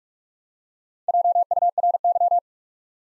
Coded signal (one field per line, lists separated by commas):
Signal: Morse code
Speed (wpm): 44 wpm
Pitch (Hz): 700 Hz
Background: none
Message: JURY